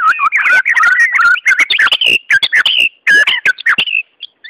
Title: murai batu